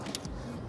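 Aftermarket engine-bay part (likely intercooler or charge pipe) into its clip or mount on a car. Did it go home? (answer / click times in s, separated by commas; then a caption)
yes / 0.1 s. One side of a large aftermarket engine-bay part (likely an intercooler or charge pipe) that routes past the AC lines on an Audi A4 2.0T is pushed into its mount or clip. A sharp click sounds at 0.2 s, followed by a fainter tick at 0.3 s over a low background hum. The part clicks into place and is seated.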